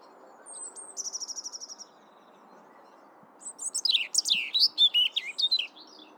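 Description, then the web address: European robin song: a quick high trill of evenly repeated notes, a pause, then a rich, varied cascade of warbled and whistled notes. "pub SETE data Erithacus rubecula"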